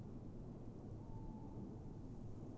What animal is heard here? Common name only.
Tawny Owl